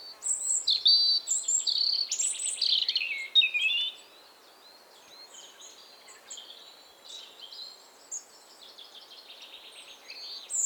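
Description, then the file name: European robin pouring out high, tinkling warbled phrases for about four seconds, then quieter, thin, scattered notes and a last brief high call. "Erithacus rubecula 240917"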